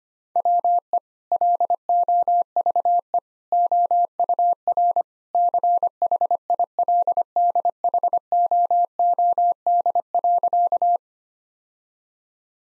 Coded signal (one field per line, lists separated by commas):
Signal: Morse code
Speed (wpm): 25 wpm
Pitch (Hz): 700 Hz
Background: none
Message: WE LOVE OUR CHILDHOOD.